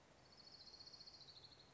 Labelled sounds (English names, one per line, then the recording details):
Orange-crowned Warbler
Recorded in Sonoma County, California